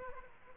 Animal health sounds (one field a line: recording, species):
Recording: mosquito wingbeat signal from an infrared sensor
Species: Aedes aegypti